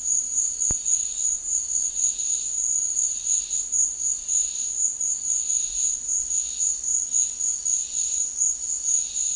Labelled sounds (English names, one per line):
none